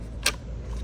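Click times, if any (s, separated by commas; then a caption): 0.3 s. A DC fast-charger plug is pushed into the charge port of an EV (a Bolt EV or EUV) again to demonstrate the latch. A single sharp, bright click rings out at 0.3 s over a low steady background rumble. The connector is seated and latched.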